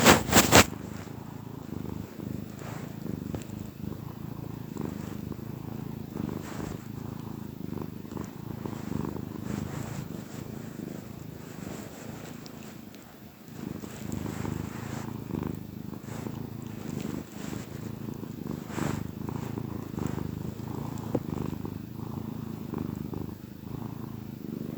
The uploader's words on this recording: Cat Cafe Purr-Finale. The gentle purrs of a contented cat.